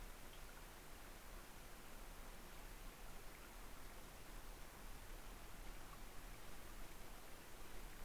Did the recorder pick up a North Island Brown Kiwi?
no